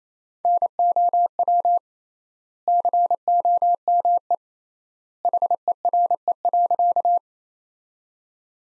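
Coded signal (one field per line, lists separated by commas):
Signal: Morse code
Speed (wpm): 28 wpm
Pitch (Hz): 700 Hz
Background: none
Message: NOW COME HERE.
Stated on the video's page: Morse practice sentences at 28 wpm with 3x standard word spacing, a word-based Farnsworth-like method.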